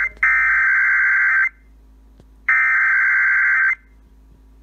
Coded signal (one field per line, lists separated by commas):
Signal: Emergency Alert System (SAME) tones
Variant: header bursts